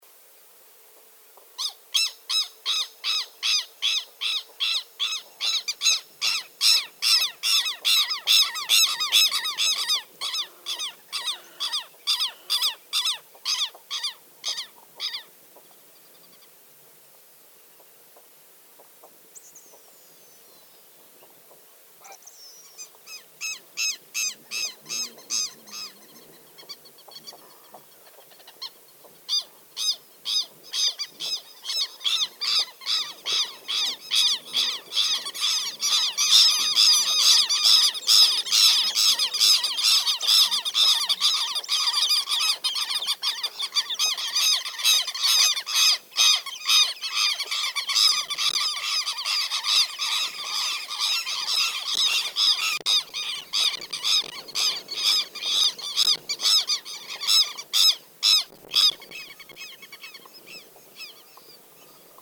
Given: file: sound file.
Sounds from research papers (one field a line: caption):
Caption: Example 2 for long alarm call series of a V. chilensis pair or flock mobbing a potential predator or food competitor (e.g. Limpkin Aramus guarauna) to defend their chicks. Background (partially faint): A. guarauna (faint cackling), E. thula, Yellowish Pipit Anthus lutescens, other birds, and wind. Recording station PPA001, 21 Jun. 2013, 12:28 h; filtered in range 0–150 Hz to remove wind noise.